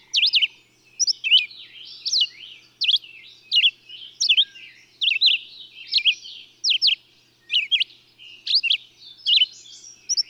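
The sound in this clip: Bird singing a series of high whistled notes that dip and rise, in short clusters with brief gaps.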